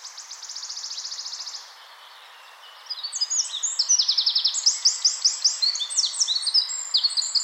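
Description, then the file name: Eurasian wren song: a rapid high metallic trill for about a second and a half, a short pause, then a loud burst of fast, varied chattering notes and trills. "Troglodytes troglodytes"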